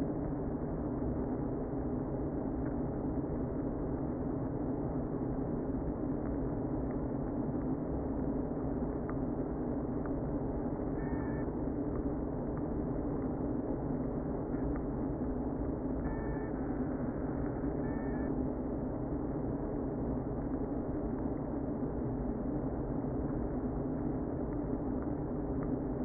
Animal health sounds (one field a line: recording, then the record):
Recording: honeybee colony, microphone inside the hive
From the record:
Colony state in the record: queen present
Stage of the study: before two queens were removed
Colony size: about 60,000 bees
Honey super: yes